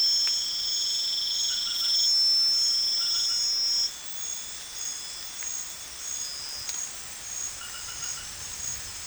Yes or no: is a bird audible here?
no